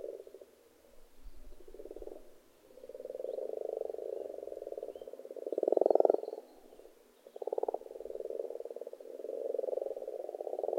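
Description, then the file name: Frogs croaking in a chorus, rapid pulsed croaks in overlapping bouts that swell and fade, with a louder burst midway. Frogs in a pond. "benboncan frogs-in-a-pond"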